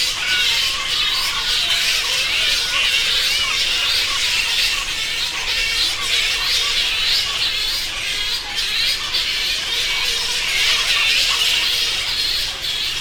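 Flying foxes squabbling: a continuous dense chorus of shrill, chattering squeals and screeches from many animals, steady throughout without pause.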